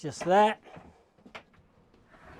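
Someone talks briefly while the head section of the island bed in a 2025 Rapido 696F motorhome is slid up by its handle and lifted toward its prop-up latch to lock the backrest in a raised position. Soft handling knocks follow, with a small bump near 1.5 s, and the clip ends before the part goes home, so nothing has seated or clicked yet.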